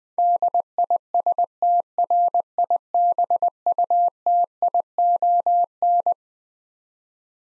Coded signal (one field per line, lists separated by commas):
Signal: Morse code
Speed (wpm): 20 wpm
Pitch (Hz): 700 Hz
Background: none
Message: DISTRIBUTION